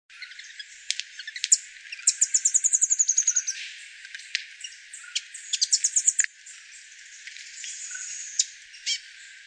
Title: LuckyPassaro Completos2Sama. Rufous-headed Tanager (Hemithraupis ruficapilla)